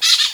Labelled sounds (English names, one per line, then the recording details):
Brown-throated Parakeet contact call
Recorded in Venezuela
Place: Guárico; Corozopando; Fundo La Fe
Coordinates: 8.506, -67.593